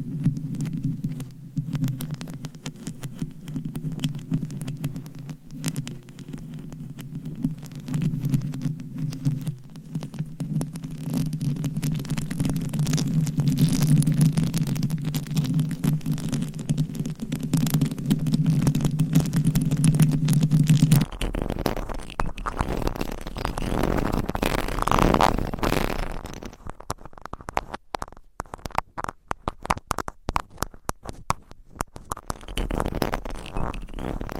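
Scratching and tapping: a dense, low rasping scrape runs steadily for about twenty seconds, growing a bit louder midway. Around 21 seconds it gives way to brighter, rougher scratching, then from about 27 seconds to quick, irregular taps and clicks until the end.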